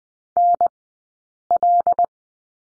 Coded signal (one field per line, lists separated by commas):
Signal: Morse code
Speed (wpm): 20 wpm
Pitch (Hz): 700 Hz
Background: none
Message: NL